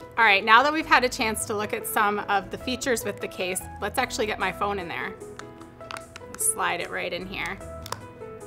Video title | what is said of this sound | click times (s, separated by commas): Speck - ClickLock – from Best Buy | Can hear it click, and lock, and oh my goodness, wow, it's really in there. | 7.9 s